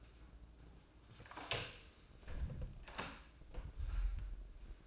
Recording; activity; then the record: daily activity, microphone in the room; close door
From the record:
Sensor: 2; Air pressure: 1012.2 hPa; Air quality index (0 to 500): 157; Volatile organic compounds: 2 ppm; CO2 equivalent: 1150 ppm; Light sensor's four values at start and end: 432/1082/440/465 and 434/1087/443/467